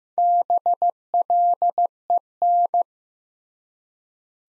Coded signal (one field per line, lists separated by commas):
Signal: Morse code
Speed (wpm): 15 wpm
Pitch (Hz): 700 Hz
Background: none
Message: BLEN